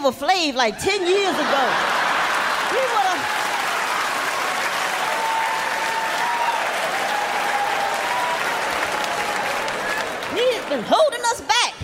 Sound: laughter, applause

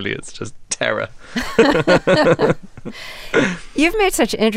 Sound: laughter

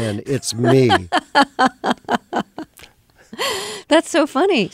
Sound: laughter

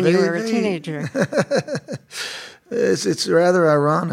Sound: laughter

